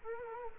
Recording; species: mosquito wingbeat signal from an infrared sensor; Culex quinquefasciatus